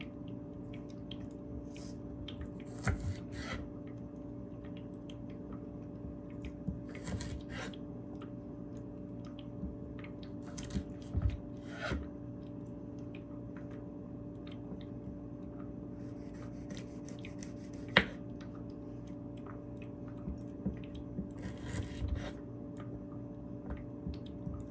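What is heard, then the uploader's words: Carrots are chopped on a board in short bursts of quick knife strikes, roughly every four or five seconds, with one especially sharp crack near the eighteen-second mark. A steady low electrical hum runs throughout. ASMR Carrot Chopping.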